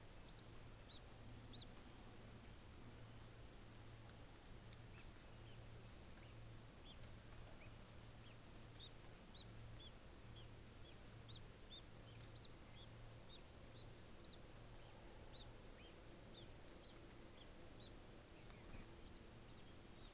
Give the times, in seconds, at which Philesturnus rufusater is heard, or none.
none